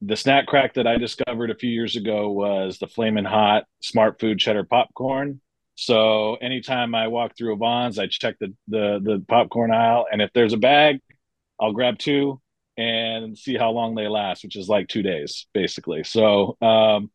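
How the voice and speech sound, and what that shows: One man speaks fluently at a relaxed pace with ordinary low-pitched voicing and brief pauses; typical speech.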